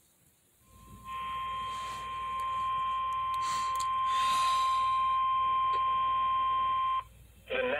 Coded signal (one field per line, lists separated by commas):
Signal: Emergency Alert System (SAME) tones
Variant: 1050 Hz attention tone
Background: speech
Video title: (EAS #337 - #351) OMAHA TOOK TOO MUCH CAFFEINE - EAS Alerts from 8/24/21 - 8/25/21